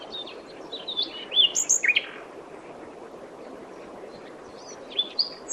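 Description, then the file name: Common nightingale song: a quick string of varied whistled and chirping notes, a quiet gap, then a few thin high notes. "Luscinia megarhynchos"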